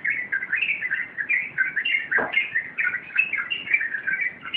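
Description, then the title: Yellow-vented bulbul chatter: quick, liquid notes tumbling up and down without pause, with one brief dull knock midway. Wild bird. "Master Burung Jos. trucukan liar"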